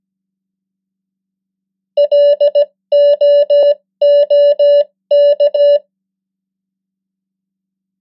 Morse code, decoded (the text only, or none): LOOK